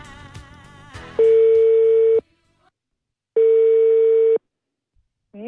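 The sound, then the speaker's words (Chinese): A steady telephone ringback tone sounds in two long, loud, even pulses of about a second each, separated by a silent gap, after a brief burst of music-like sound at the start, as a Beijing radio programme phones a listener who shared a method for steaming fish. “带着满满的好奇心，我们拨通了这位提供方法的听众朋友的电话。”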